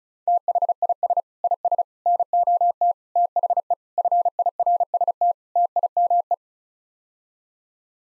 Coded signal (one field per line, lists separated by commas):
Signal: Morse code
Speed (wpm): 34 wpm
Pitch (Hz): 700 Hz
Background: none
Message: THIS IS NOT THE FIRST TIME